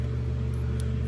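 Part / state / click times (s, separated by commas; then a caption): wiring harness connector into motorcycle regulator rectifier / not seated / none. A plastic multi-pin wiring harness connector is pushed back onto the regulator rectifier of a 2005 Yamaha Royal Star motorcycle after cleaning, over a steady low hum with a brief sharp high-frequency tick at 0.8 s. The connector has not clicked in, so it is not locked.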